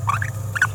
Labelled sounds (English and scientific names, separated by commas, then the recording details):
Green-rumped Parrotlet (Forpus passerinus) babbling
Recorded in a nest box in Venezuela
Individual 18B17A4